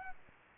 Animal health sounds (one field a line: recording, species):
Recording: mosquito wingbeat signal from an infrared sensor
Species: Culex quinquefasciatus